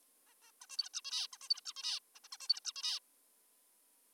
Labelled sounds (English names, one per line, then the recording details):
Zebra Finch
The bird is an adult
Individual g19o3U